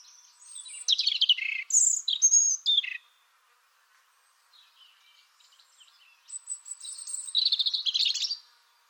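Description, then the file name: European robin song in two bursts: a scratchy, varied twittering phrase of sliding high notes, a lull with faint chirps, then a shimmering trilled phrase. "Erithacus rubecula"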